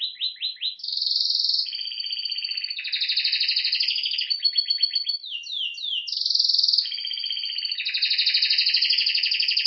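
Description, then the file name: Canary singing continuously, switching between fast rattling trills, sweeping notes and sustained buzzy rolls, all high-pitched and unbroken. "Canary Voice"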